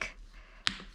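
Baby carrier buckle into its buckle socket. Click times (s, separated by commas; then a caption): 0.7 s. A plastic buckle on a BabyBjorn Baby Carrier Harmony is pushed into its buckle socket over a quiet background. A single sharp, bright click rings out at 0.7 s as the buckle seats, with fainter ticks near the start and end. The buckle is clicked in and seated.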